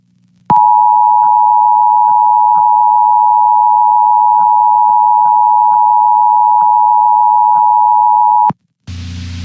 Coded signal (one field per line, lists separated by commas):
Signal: Emergency Alert System (SAME) tones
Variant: 853 and 960 Hz attention tone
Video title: Orange County Required Monthly Test 10/4/21 EAS (#512-518)